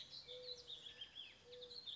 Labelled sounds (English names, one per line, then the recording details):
Mourning Dove
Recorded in Sonoma County, California